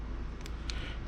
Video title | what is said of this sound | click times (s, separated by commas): ROOKIE2RENO the final count down- Day 6 of 30 (molex connectors) | if you heard that and this one will snap in | 0.7 s